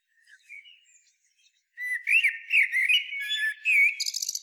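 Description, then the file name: Common blackbird song opening with faint, quiet warbles, then a strong phrase of flutey notes finishing in a thin, buzzy twitter. "Turdus merula"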